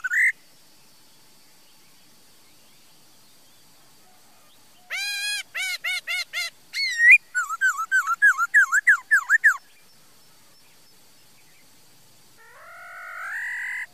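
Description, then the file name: Laughingthrush song with a brief whistle, a long silence, then harsh repeated notes, a fast run of slurred whistles and a rising closing phrase. "Tieng khuou hot"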